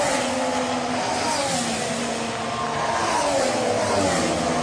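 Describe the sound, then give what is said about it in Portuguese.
This year's Formula 1 car engines drone continuously with a buzzy, lawnmower-like tone, harmonic pitches sliding gradually up and down as the cars race by, loud and steady without pause and with no talking. “E agora, esse ano, os carros estão correndo assim.”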